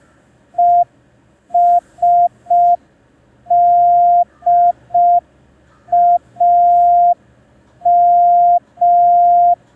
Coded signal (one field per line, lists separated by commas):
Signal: Morse code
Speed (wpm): 5 wpm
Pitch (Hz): 700 Hz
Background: none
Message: ESDAM